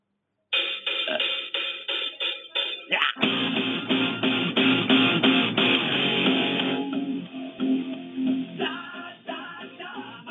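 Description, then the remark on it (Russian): Tinny, thin-sounding hold music over a phone line: a looping electronic melody with a steady pulsing beat, playing continuously without any voices. “Ну, если это нормально, то вы тоже тогда будьте любезны, послушайте музыку.”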